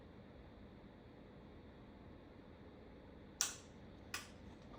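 A click-type torque wrench set to 52 ft-lb tightens a flywheel/clutch bolt during a flywheel and clutch install on an LS engine in a truck. Against a steady low hum, a sharp click at 3.4 s marks the wrench reaching its setting, followed by a softer click at 4.1 s. The bolt is confirmed torqued to 52.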